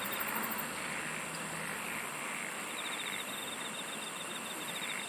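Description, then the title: Insect song of steady high buzzing and a fast ticking trill, with a low vehicle hum fading out after two seconds. "SINGING OF INSECTS"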